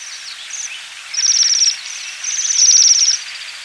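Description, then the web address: Bird giving high, rapid chattering trills in two bursts, with scattered thin chirps between them. Higashiosaka, Japan. "higashiosaka bird koe"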